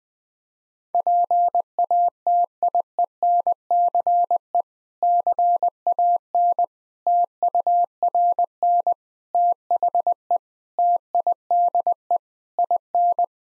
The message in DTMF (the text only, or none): none